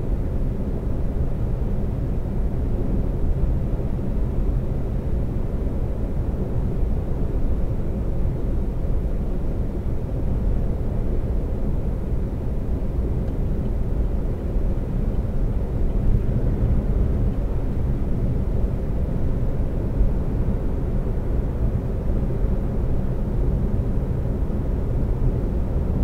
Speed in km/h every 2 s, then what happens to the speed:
121, 121, 121, 121, 121, 121, 121, 121, 121, 121, 121, 121, 121.
0-26 steady at about 121.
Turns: none.